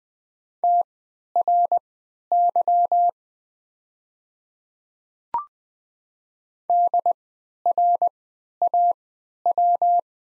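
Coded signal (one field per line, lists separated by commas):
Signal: Morse code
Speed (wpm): 20 wpm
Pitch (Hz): 700 Hz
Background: none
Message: TRY DRAW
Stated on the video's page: Farnsworth-timed practice set of the top 500 words at 20 wpm with triple character spacing, for moving learners from individual characters to whole words.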